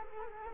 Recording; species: mosquito wingbeat signal from an infrared sensor; Culex quinquefasciatus